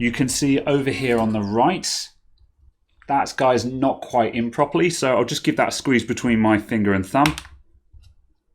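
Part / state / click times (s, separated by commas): plastic bottom cover clips into laptop chassis / not seated / none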